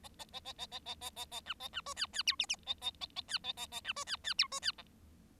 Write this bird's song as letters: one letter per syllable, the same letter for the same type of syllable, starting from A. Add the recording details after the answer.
A A A A A A A A A A B A B C D D E F F A A A A D A A A B C D D E C D G. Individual Bird7